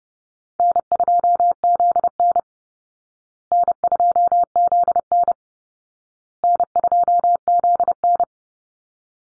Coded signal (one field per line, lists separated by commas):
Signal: Morse code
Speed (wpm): 30 wpm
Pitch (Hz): 700 Hz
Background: none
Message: N2ZN N2ZN N2ZN